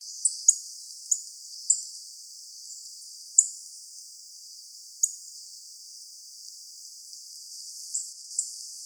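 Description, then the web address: Yellow-throated bunting giving short, sharp, very high ticking notes at irregular intervals, a few close together, then sparse single ticks over a faint hiss. "birdenaga miyamahojiro"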